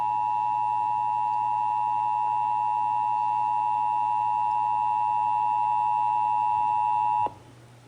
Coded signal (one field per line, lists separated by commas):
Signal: Emergency Alert System (SAME) tones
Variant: 853 and 960 Hz attention tone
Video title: (EAS #489-497) July 2023 Texas Required Monthly Test